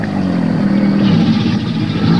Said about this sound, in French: Alors, la mère va, à ce moment-là, émettre des fois des cris de menace. Alors, donc, ce cri, le voilà.